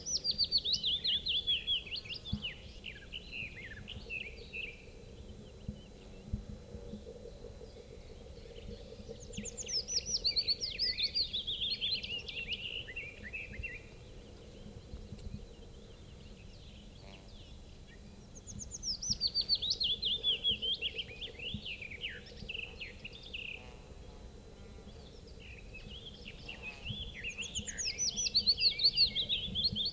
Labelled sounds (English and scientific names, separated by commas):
Willow Warbler (Phylloscopus trochilus) song